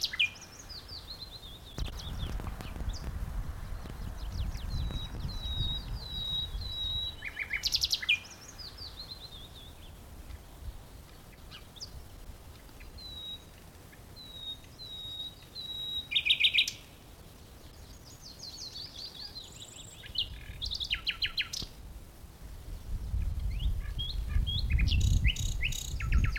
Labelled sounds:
Common Nightingale (Luscinia megarhynchos)
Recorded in the wild
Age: adult
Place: Blankenfelde, Berlin, DE
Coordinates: 52.625, 13.404
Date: 1992-04-25 11:26
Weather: böiger Wind, 16-23°C
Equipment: Nagra SN, Mikrofon AKG CK 8, Kopie Tesla B 116
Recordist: Tembrock, Günter

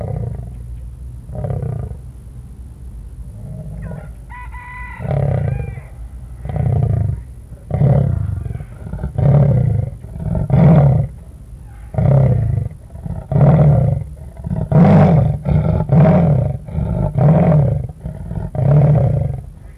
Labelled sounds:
Leopard (Panthera pardus)
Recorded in captivity
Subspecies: saxicolor
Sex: pair
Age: adult
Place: Tierpark Carl Hagenbeck, Hamburg, DE
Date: 1961-08-25 18:45
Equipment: Minifon, Kopie Smaragd
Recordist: Tembrock, Günter

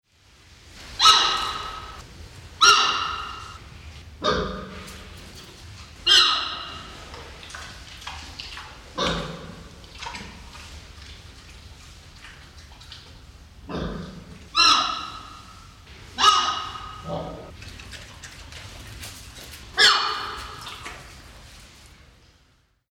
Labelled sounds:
Red River Hog (Potamochoerus porcus)
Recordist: Tembrock, Günter
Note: Helle Kurzlaute eines Weibchens

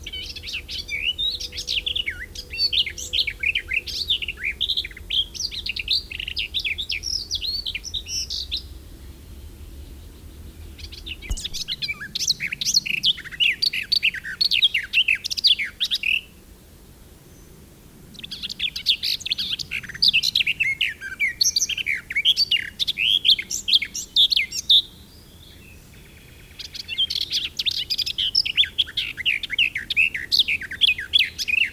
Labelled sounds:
Garden Warbler (Sylvia borin) song
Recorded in the wild
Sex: male
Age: adult
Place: Schweinfurt, Bayern, DE
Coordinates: 50.0414, 10.2397
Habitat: park
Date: 1964-06-01
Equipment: Vollspur
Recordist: Tretzel, Erwin
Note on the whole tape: Schweinfurt (Stadtpark am Wehr - Nachtigallenbiotop): Gartengrasmücke: Gesang (mit "präda - präda" wie Ia von Platte, Brucker Lache), Juni 1964

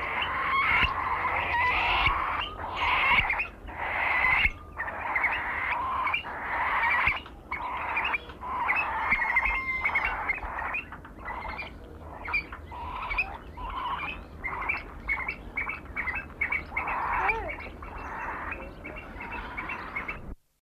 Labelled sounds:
Eurasian Stone-curlew (Burhinus oedicnemus) call
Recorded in captivity
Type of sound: call
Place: Waren, DE
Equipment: Halbspur, 9,5 cm/s
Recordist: Lütgens, Hans
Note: Rufe

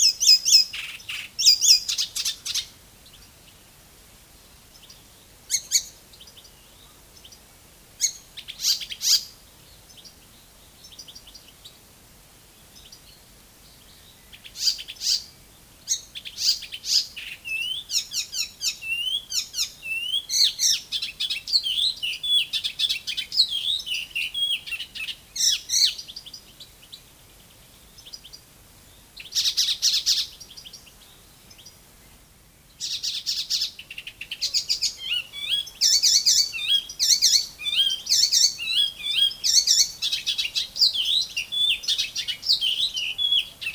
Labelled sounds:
Icterine Warbler (Hippolais icterina) song
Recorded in the wild
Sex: male
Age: adult
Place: Berlin, OT Blankenfelde, Berlin, DE
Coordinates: 52.6333, 13.4167
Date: 1983-07-02
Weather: sunny, 16 °C, gusty northerly winds, wind speed 2-3
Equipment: Nagra SN, Kopie Uher 4000 Monitor Report
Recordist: Tembrock, Günter

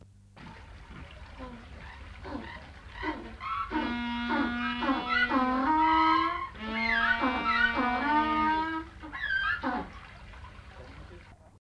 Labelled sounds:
African Penguin (Spheniscus demersus) call, Humboldt Penguin (Spheniscus humboldti)
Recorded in captivity
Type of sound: call
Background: Spheniscus humboldti
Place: Zoo Hannover, Niedersachsen, DE
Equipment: Halbspur, 9,5 cm/s
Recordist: Lütgens, Hans
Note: Erst Humboldtpinguin, dann Brillenpinguin

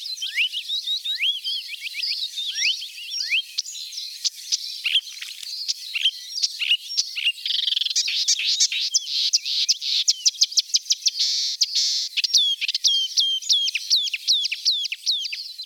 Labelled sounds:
Marsh Warbler (Acrocephalus palustris) song
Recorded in the wild
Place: Flögelner See, Baden-Württemberg, DE
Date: 1981-05-31
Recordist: Schwarz, Dieter

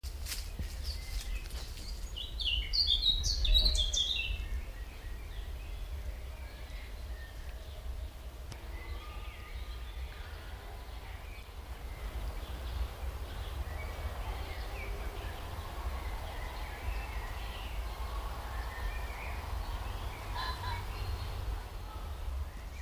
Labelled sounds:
Eurasian Blackcap (Sylvia atricapilla) song, Common Pheasant (Phasianus colchicus), Common Chiffchaff (Phylloscopus collybita)
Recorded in the wild
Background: Phasianus colchicus, Phylloscopus collybita
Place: Lübars (Fließtal), Berlin, DE
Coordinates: 52.6175, 13.3625
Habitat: wood
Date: 1998-05-10 19:00
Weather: fair, 25°C
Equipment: Sony MD-WM MZ-R3, Sennheiser MKH 416 T, Kopie Uher 4000 Report Monitor
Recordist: Tembrock, Günter
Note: Gesang (im Hintergrund Fasan und Weidenlaubsänger). Im Wäldchen im Fließtal

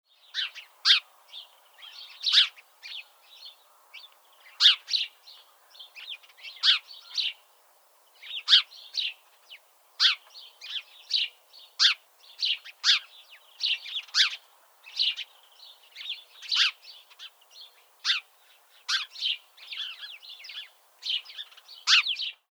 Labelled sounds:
House Sparrow (Passer domesticus)
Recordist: Frommolt, Karl-Heinz
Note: Rufe

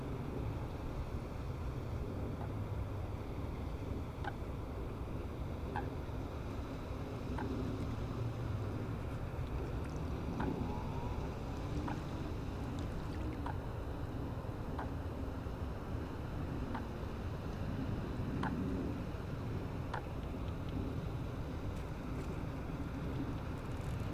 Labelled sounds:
Eurasian Coot (Fulica atra) call
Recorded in the wild
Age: adult
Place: Hobrechtsfelder Rieselfelder, Naturpark Barnim, Berlin, DE
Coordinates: 52.6678, 13.4731
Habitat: pond
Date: 2008-03-09 19:00
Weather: bewölkt, 10°C, fast windstill
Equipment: Sound Devices 702, Sennheiser MKH 70, Windkorb
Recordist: Frommolt, Karl-Heinz

